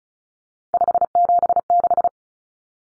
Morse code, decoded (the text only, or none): 576